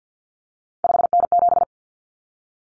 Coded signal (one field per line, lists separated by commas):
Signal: Morse code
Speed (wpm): 50 wpm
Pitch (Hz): 700 Hz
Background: none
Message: 5N7